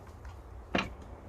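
A second plastic grip panel is lined up and pushed down onto the shell of an Xbox One controller, heard against a quiet background. A sharp, bright click sounds at 0.8 s as the panel seats onto the controller housing.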